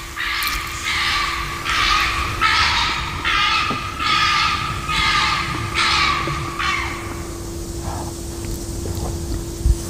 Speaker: Och man hör ju ett litet gnäll där med det här skallet